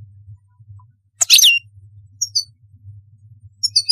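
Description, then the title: European goldfinch song: a loud liquid twittered burst followed by thin high tinkling notes, over a faint low hum. "Chant Chardonneret"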